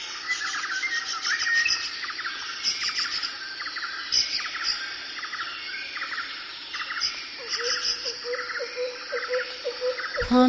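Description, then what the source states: Birds calling in a busy chorus of chirps and short notes, with a series of low hoots near the end and a steady high insect hum throughout. Jungle birds.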